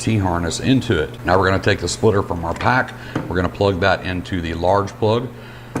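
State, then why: Not seated. A splitter plug from the kit is being handled toward the large plug of a T harness while installing Advanblack EDGELINE LED clamshell saddlebag run, brake and turn signals. A man talks throughout. Nothing has seated or clicked yet.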